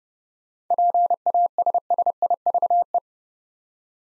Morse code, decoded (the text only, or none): PASSIVE